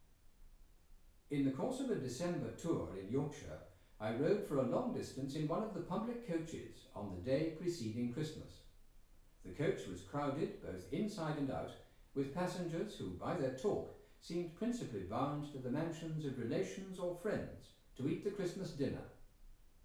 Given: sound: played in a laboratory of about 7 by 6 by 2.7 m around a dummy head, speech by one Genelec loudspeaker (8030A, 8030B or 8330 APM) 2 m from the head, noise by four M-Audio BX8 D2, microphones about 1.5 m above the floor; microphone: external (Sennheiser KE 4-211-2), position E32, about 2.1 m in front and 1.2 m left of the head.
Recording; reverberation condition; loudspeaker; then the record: male speech in English; medium; 30 degrees to the right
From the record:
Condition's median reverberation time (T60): about 510 ms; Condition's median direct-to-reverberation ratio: about -0.5 dB